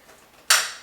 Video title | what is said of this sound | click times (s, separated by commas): Avios Kingtwin 1700 - Maiden flights + review | put them in the hole and then make sure you hear the click, | 0.5 s